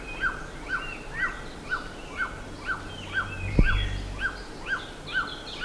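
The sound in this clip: Bird calls: short down-slurred notes about twice a second over other birds' chatter, broken once by a single low thump.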